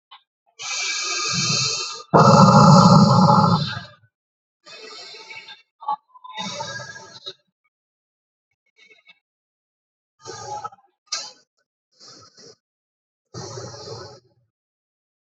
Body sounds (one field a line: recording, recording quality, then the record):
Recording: deep breathing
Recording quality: excellent, no background noise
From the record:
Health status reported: healthy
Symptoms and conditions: none ticked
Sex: male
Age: 35 years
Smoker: not ticked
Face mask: not worn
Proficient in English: yes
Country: India